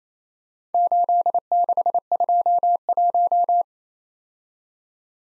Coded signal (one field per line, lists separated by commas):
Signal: Morse code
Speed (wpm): 31 wpm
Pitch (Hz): 700 Hz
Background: none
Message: 8621